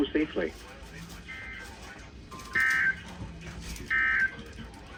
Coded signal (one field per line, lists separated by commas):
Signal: Emergency Alert System (SAME) tones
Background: speech